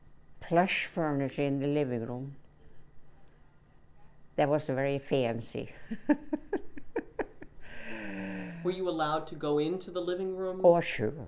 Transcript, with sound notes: plush furniture in the living room that was very fancy. (she laughs)
Were you allowed to go into the living room?
Oh, sure.